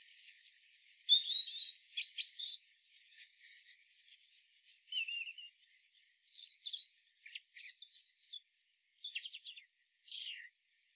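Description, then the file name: European robin song, a string of thin high warbled phrases mixing sweet whistles with rapid trills and a few falling notes, broken by short pauses over about eleven seconds. "Erithacus rubecula"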